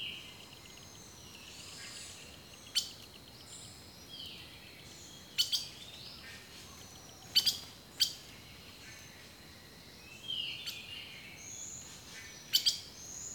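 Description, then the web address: Birds sing in a layered chorus: crisp high chips come in pairs and singles, with sweeping whistles over a soft constant hiss. Rainforest birdsong. "The Natural Sounds of the Wilderness collection Echoes of Nature - Rainforest Birdsong"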